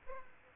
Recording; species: mosquito wingbeat signal from an infrared sensor; Aedes aegypti